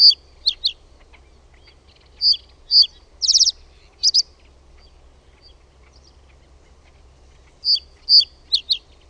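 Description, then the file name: Reed bunting singing in short bursts of sharp high notes, scattered throughout with long pauses between them, low background hum. "PAJUSIRKKU"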